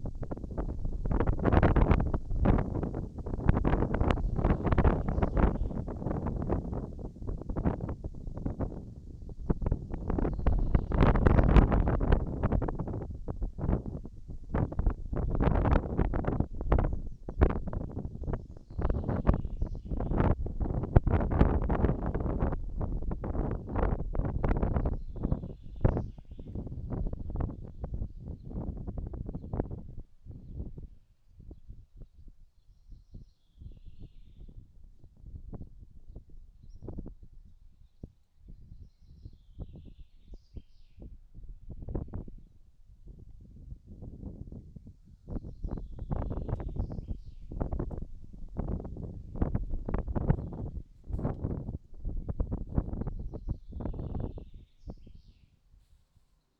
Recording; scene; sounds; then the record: everyday scene through a hearing-aid microphone; wind on the microphone; wind, birds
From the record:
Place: in front of a rural house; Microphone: in the ear canal, right